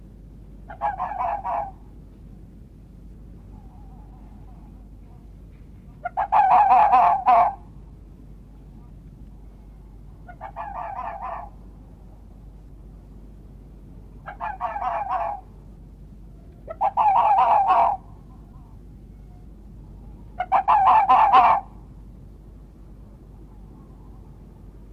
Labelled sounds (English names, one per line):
Red Fox barking